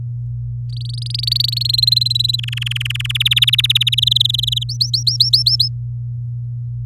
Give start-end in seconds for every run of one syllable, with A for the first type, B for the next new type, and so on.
0.69-1.50 A, 1.52-2.36 B, 2.38-3.07 C, 3.09-3.89 D, 3.92-4.63 E, 4.69-5.68 F